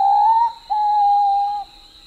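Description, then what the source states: Papuan pitta whistled call: two long, steady mellow whistles, the first slightly rising, the second level and held about a second, with a faint high steady hum behind. Papua New Guinea.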